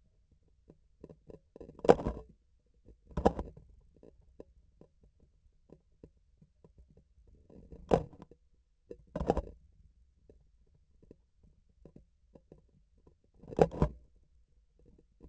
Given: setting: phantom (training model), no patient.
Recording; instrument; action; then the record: laparoscopic instrument, vibration sensor on the handle end; grasping forceps; opening and closing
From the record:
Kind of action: tool actuation without material contact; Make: other than Olympus